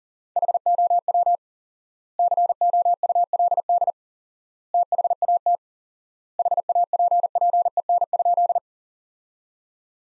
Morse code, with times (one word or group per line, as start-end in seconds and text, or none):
0.4-1.4 HOW
2.2-3.9 COULD
4.7-5.6 THAT
6.4-8.6 HAPPEN?